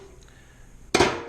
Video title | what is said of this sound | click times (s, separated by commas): Fulgor Milano Sofia Range Door Removal, Inner Glass Cleaning and Re-installation | in the slot rotate up snap | 0.9 s